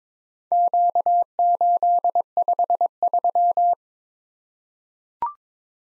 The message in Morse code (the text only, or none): Q853